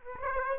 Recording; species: mosquito wingbeat signal from an infrared sensor; Aedes aegypti